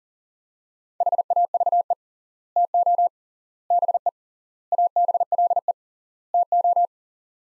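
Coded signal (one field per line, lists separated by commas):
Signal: Morse code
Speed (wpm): 40 wpm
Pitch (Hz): 700 Hz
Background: none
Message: HAVE TO BE ABLE TO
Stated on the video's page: Morse practice in sets of five words at 40 wpm with 3x word spacing, a Farnsworth-like method using words.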